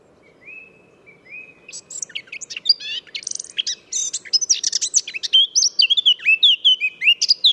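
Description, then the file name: Eurasian blackcap song: a soft, scratchy chattering warble that builds into loud, clear fluty whistled phrases toward the end. "Sylvia atricapilla"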